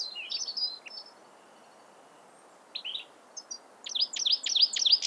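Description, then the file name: European Goldfinch calls: short, high twittering chirps in a brief burst, a pause, a few scattered notes, then a quicker run of liquid notes at the end. "Carduelis carduelis"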